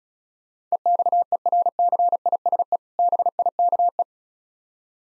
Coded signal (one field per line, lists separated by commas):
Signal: Morse code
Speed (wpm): 36 wpm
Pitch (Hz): 700 Hz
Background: none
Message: EXERCISE BIKE